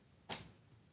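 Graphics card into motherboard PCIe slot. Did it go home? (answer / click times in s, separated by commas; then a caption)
yes / 0.3 s. A graphics card is pushed into the motherboard PCIe slot, and the slot's plastic retention latch gives one sharp, bright click at 0.3 seconds, then fades over roughly the next tenth of a second against a quiet background. The card is seated, and the click is confirmed as heard.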